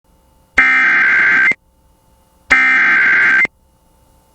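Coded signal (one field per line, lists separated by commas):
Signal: Emergency Alert System (SAME) tones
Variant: header bursts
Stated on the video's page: Severe thunderstorm warning relayed on an Oklahoma FM station.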